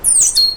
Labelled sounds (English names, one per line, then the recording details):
Stitchbird song
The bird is a male
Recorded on Tiritiri Matangi Island, New Zealand, in 2005
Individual 12, of nest box 16